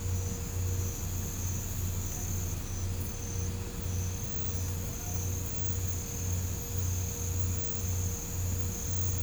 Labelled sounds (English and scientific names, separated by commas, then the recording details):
none
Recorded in pastures near Puerto Asís, Putumayo, Colombia, on 20 December 2024 at 02:30
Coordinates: 0.505, -76.324
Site G063